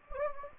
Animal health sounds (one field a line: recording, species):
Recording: mosquito wingbeat signal from an infrared sensor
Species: Anopheles gambiae